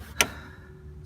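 A torque wrench tightens the nut on a suspension anti-roll bar end link until it gives a single sharp click at 0.2 s, which stands out clearly above the low background. The nut is torqued to the correct value.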